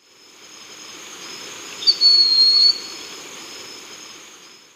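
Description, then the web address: Broad-winged hawk call: one brief, high, thin whistle lasting under a second, over a steady background hiss. Ecuador. "Birds of Ecuador Broad-winged Hawk"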